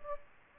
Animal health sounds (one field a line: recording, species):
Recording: mosquito wingbeat signal from an infrared sensor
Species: Anopheles gambiae